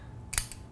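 A small lock lever on a metal Magpul rifle-to-tripod adapter clamp is flipped open to unlock it. It gives a sharp, bright click at 0.4 s, followed by a softer click at 0.5 s. The lever stays back and the rifle is freed from the clamp.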